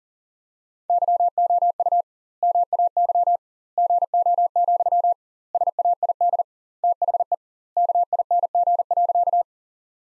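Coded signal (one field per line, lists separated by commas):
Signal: Morse code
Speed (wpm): 40 wpm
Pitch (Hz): 700 Hz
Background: none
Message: YOU MAY GO, SAID THE KING.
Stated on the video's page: Morse practice sentences from the top 400 words at 40 wpm with twice the standard word spacing, a Farnsworth-like method applied to words.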